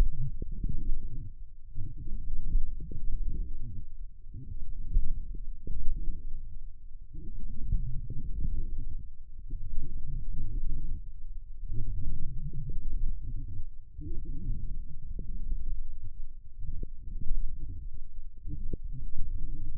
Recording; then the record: forearm muscle sounds (acoustic myography)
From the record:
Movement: forearm pronation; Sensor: system 1, eight BSWA MPA416 microphones around the upper forearm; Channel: 5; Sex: female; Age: 21 years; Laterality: right